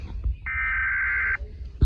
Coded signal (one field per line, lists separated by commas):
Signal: Emergency Alert System (SAME) tones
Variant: header bursts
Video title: Eas scenario sonic exe / waring it could be creepy